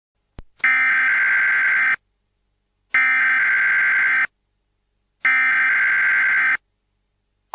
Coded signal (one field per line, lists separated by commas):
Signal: Emergency Alert System (SAME) tones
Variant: header bursts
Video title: Vortex - EAS text thingy